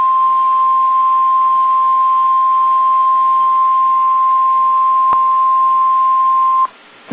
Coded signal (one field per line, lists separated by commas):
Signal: Emergency Alert System (SAME) tones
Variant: 1050 Hz attention tone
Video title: Another IA and MN SVR EAS #286